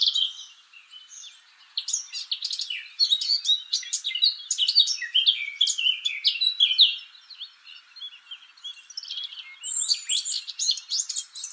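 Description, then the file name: Eurasian blackcap song: a rapid, scratchy warble that swells into louder whistled phrases, then fades before a final high burst of notes. "Sylvia atricapilla"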